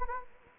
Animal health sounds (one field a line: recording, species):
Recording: mosquito wingbeat signal from an infrared sensor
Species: Anopheles gambiae